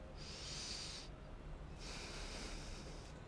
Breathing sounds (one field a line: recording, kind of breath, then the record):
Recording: one breath in and out by a microphone near the nose and mouth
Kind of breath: deep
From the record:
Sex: male